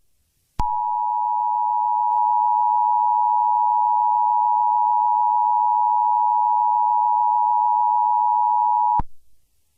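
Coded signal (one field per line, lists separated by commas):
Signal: Emergency Alert System (SAME) tones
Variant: 853 and 960 Hz attention tone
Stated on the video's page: Fictional EAS mock scenario using valid EAS tones.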